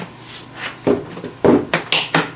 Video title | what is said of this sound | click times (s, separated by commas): Ryobi Leaf blower MOST POWER EVER | so it's a positive click and it clicks exterior | 1.9 s